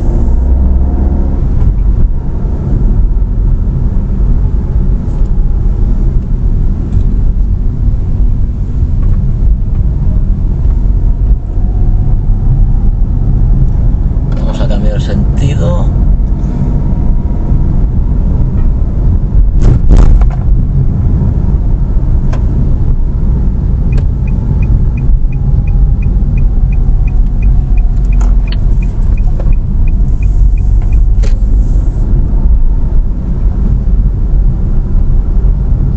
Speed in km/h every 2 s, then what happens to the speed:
35, 35, 30, 22, 21, 26, 29, 32, 33, 34, 33, 29, 26, 22, 23, 30, 31, 33.
2-7 slows to 21. 7-15 speeds up to 33. 19-27 slows to 22. 27-36 speeds up to 33.